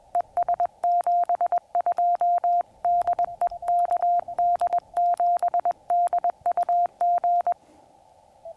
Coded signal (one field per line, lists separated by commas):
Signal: Morse code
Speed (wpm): 21 wpm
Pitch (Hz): 690 Hz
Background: none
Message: ES 72 DE KD7DUG